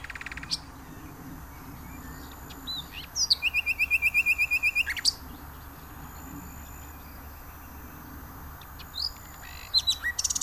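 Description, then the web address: Common nightingale song: a fast, even series of repeated whistled notes over about two seconds, with scattered high chirps before and after. "venezia guida. usignolo"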